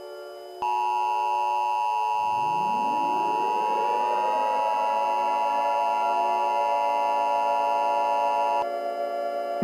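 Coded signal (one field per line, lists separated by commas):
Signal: Emergency Alert System (SAME) tones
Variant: 853 and 960 Hz attention tone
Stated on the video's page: Mock Texas EAS alarm.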